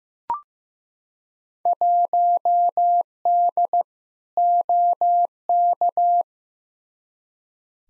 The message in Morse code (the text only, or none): 1D OK